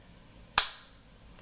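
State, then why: Seated. The hinged plastic lid of an AirPods Pro Gen 2 wireless earbud charging case is closed onto the case body. It shuts with a single sharp, satisfying snap at 0.6 s, followed by a brief ring near 4 kHz that fades over about half a second, and a faint tick near 1.4 s. The lid seats fully closed.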